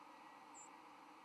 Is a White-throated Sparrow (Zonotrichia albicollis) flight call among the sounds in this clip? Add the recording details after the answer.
no. Another species' flight call is heard. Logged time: 07:41 on 13 November 2014